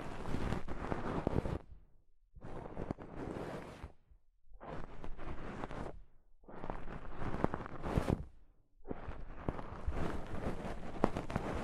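Soft fabric brushes across a microphone in five dense, rustling bursts of about two seconds each, separated by brief silent gaps.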